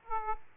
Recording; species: mosquito wingbeat signal from an infrared sensor; Aedes aegypti